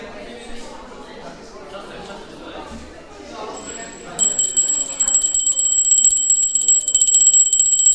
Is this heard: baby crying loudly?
no